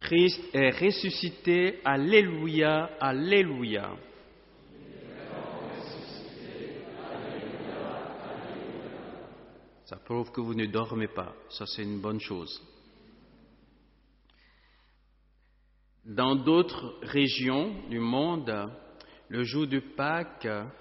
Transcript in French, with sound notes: « Christ est ressuscité! Alléluia, alléluia! » [Réponse de l’assistance] Ça prouve que vous ne dormez pas, ça c’est une bonne chose. Dans d’autres régions du monde, le jour de Pâques,